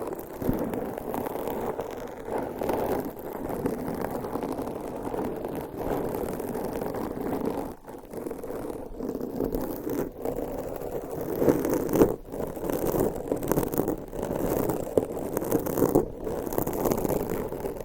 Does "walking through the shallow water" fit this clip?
no